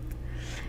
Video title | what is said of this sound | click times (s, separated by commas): Unbelievable! The Easiest Way to Fix a PAPER OUT Error | and now we have it locked into place | 0.1 s